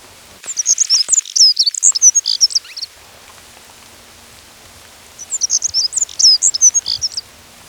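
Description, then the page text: Black-throated accentor singing a fast, jingling, high-pitched warble twice, each phrase lasting two to three seconds, with near silence between them. "Black-Throated Accentor Song. Quick Sounds"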